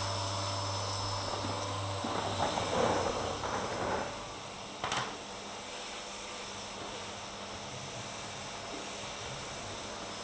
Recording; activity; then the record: daily activity, microphone in the room; vacuum cleaning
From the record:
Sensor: 3